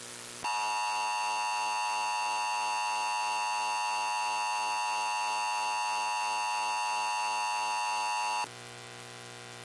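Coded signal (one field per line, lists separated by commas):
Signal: Emergency Alert System (SAME) tones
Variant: 853 and 960 Hz attention tone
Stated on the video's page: Simulated EAS Shelter in Place Warning for a fictional factory fire in Upstate New York.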